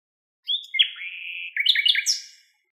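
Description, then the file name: Common nightingale song: one rich phrase of sliding whistled notes, rising into brighter high twitters and fading after about two seconds, with a quiet background. "Luscinia megarhynchos"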